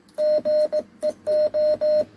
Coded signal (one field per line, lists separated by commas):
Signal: Morse code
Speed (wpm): 17 wpm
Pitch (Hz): 610 Hz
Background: none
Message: GEO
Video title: CX1SI-Recibo y prueba de QRP SDR HF 8 Bandas CW-SSB-USB -Octubre 2022